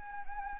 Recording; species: mosquito wingbeat signal from an infrared sensor; Anopheles gambiae